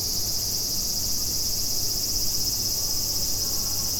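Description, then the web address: Cicada giving a sustained, shrill buzz, flat and even for the whole moment, with low rumbling noise underneath. Recorded 29 July 2016. "fukudai fu coop cicada"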